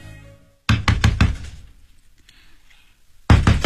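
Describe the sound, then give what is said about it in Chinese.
Someone knocks on a door late at night in two loud, sharp bursts, a quick run of four raps, a pause of near silence, then another rapid set of three. “就在他起床拿安眠药的时候啊，听见有敲门的声音。”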